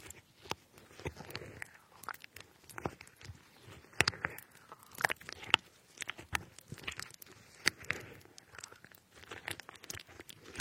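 Strawberries and other fruit being cut, with a steady run of sharp knife taps and short wet crunches every fraction of a second. Soft squelching and crinkling fill the gaps, and a few louder chops stand out around four and five seconds.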